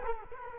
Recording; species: mosquito wingbeat signal from an infrared sensor; Culex quinquefasciatus